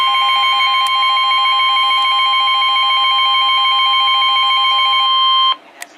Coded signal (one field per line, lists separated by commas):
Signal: Emergency Alert System (SAME) tones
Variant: 1050 Hz attention tone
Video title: Severe Thunderstorm Warning #2 (EAS #210)